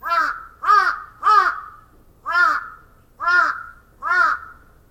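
Crow giving six harsh, hoarse caws, the first three in quick succession and the rest spaced about a second apart, on a quiet background.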